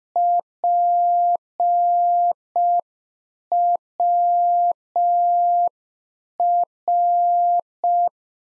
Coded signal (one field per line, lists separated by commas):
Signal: Morse code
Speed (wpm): 5 wpm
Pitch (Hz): 700 Hz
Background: none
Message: PWR